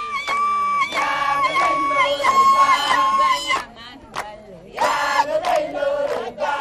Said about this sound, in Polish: To pieśń klanu Niara z ludu Dinka. Podziękowanie za wywierconą studnię dla polskiej akcji humanitarnej.